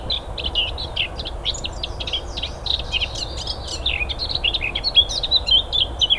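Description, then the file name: Eurasian blackcap song: a rapid, chattering warble of short scratchy notes that turns into clearer whistled phrases near the end, over constant low background noise. "Sylvia atricapilla"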